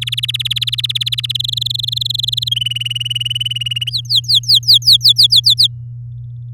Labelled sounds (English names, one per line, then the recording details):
Domestic Canary song
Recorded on 9 May 2018 at 10:15
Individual llb16